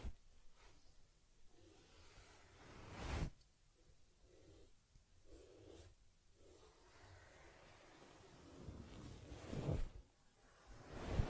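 Soft rubbing and brushing sounds on a teddy bear's fur come in short, hissy strokes with quiet gaps between them. Louder, fuller swishes rise around three seconds and again near ten seconds, with a final burst at the very end.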